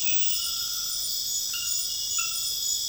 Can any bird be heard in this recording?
no